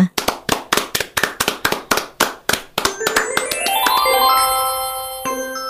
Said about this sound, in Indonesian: Anak pintar, kalian telah menyanyikan lagu Gajah Serimpang dengan penuh semangat. Kalian sungguh menawan. Tepuk tangan untuk semua.